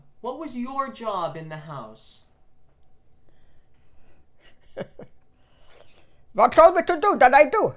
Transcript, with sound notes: What was your job in the house?
[Laughs] What told me to do, then I do.